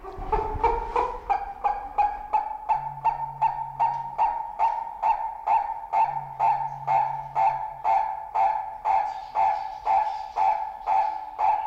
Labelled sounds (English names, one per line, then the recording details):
Purple-crested Turaco call
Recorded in captivity
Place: Zoo Berlin, Berlin, DE
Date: 1992-07-25 11:06
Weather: sonnig (heiter - schwül), 23-26 °C
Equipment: Marantz CP 430, Sennheiser ME 80, Kopie Tesla B 116
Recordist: Tembrock, Günter